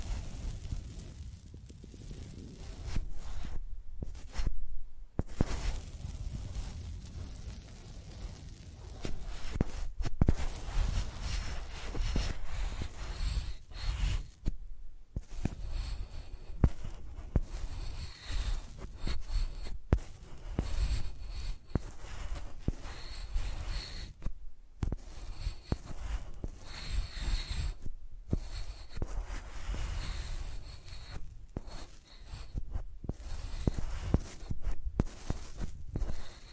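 Microphones rubbed and dragged like pencils make a dense, continuous scratching and scraping with a heavy low rumble underneath. The strokes come in quick, uneven bursts, broken by a few brief silences around 4, 10, 15, 24 and 28 seconds.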